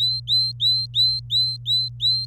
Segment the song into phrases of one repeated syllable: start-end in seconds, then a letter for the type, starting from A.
0.00-2.26 A